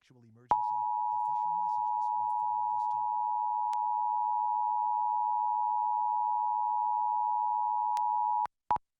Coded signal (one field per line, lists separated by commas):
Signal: Emergency Alert System (SAME) tones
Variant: 853 and 960 Hz attention tone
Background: speech